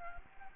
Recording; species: mosquito wingbeat signal from an infrared sensor; Anopheles gambiae